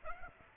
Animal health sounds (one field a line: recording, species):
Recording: mosquito wingbeat signal from an infrared sensor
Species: Aedes aegypti